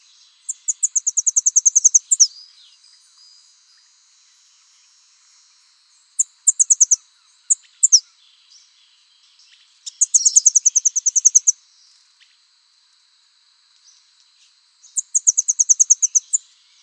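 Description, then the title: Rufous-headed tanager: very high, quick series of sharp ticking notes in short bursts every few seconds, over a faint steady insect drone. "LuckyPassaro Completos2Sama. Rufous-headed Tanager (Hemithraupis ruficapilla)"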